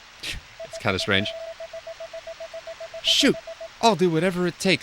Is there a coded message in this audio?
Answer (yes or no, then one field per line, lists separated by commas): no